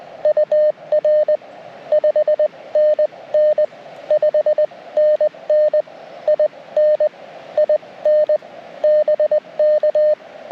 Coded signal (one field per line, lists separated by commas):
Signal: Morse code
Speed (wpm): 20 wpm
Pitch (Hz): 1800 Hz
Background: none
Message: UR 5NN 5NN IN IN BK